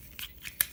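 A plastic part is pushed into its locking point on a War For Cybertron SIEGE Megatron transforming robot action figure. Two faint plastic scrapes come at about 0.2 s and 0.5 s, then a sharp click at 0.6 s. The click shows the part has locked in place.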